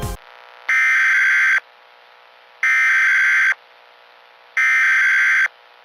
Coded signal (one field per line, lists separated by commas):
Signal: Emergency Alert System (SAME) tones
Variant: header bursts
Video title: EAS Mock #16 - Another Required Monthly Test